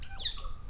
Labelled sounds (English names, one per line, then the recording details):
Stitchbird song
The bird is a male
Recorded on Tiritiri Matangi Island, New Zealand, in 2005
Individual 11, of nest box 13